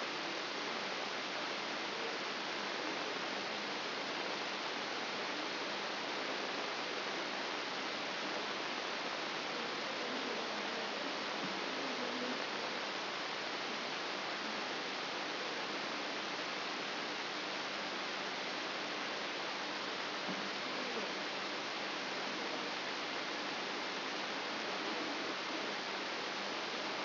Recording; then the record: brain microelectrode recording played as sound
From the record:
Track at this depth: inside the subthalamic nucleus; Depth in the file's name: 4.502 mm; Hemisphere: left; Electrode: 3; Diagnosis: Parkinson's disease